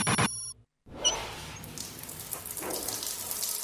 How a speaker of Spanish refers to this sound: ¿Te estás dando una ducha?